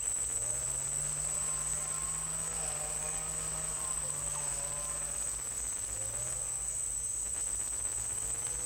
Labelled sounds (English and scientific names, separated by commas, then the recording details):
none
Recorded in dense forest near Puerto Asís, Putumayo, Colombia, on 22 December 2024 at 09:30
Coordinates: 0.482, -76.320
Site G021